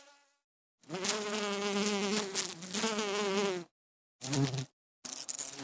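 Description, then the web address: Bee buzzing, a few seconds of steady low drone, then short separate bursts of humming after silent pauses. "пчела"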